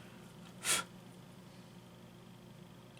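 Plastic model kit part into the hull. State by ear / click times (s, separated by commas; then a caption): not seated / none. A plastic model kit part is held and lined up with where it goes into the hull, just before being pushed in to click onto its locating knob. A brief soft broadband rustle of handling is heard around 0.7 s over a quiet low hum, with a faint tick near the end. Nothing has seated or clicked yet.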